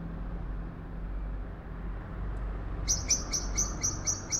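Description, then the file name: Eurasian blackbird calls: a series of seven sharp, clipped high notes at an even pace near the end, over a steady low rumble like traffic. "Turdus merula"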